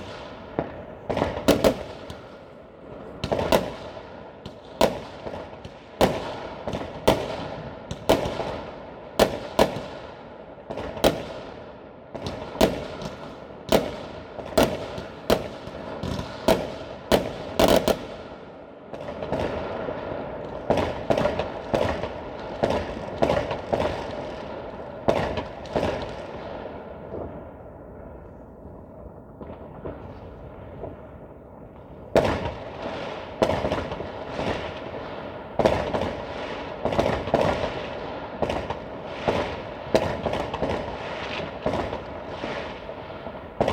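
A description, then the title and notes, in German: New Year's Eve fireworks crackle and bang over a steady rumbling backdrop of more bursts. Sharp, bright explosions come thick and fast for the first eighteen seconds, thin out into a duller rumble around twenty-eight to thirty-two seconds, then pick up again with dense popping. Silvesternacht: Feuerwerk und Freude.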